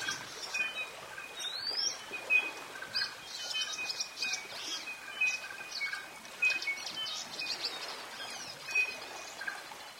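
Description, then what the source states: Birds in a chorus of overlapping chirps and short high twitters, one quick rising whistle early on, with a steady thin tone running beneath throughout. Dawn chorus.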